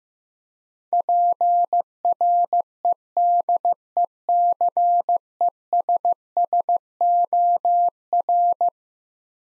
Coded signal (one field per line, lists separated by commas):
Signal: Morse code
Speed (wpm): 15 wpm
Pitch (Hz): 700 Hz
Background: none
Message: PREDECESSOR